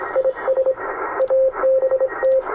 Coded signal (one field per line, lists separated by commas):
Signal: Morse code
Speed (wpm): 26 wpm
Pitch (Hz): 530 Hz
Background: radio noise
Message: IS ABT